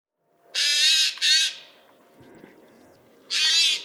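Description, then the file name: Eurasian jay uttering three raspy, grating screeches, two close together near the start and one more after a pause, with a faint hum beneath. "Garrulus glandarius"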